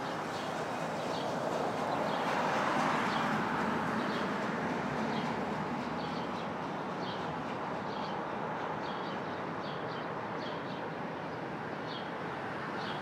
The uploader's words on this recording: Brooklyn Dawn. Street Traffic, Open Air II.